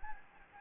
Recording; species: mosquito wingbeat signal from an infrared sensor; Anopheles gambiae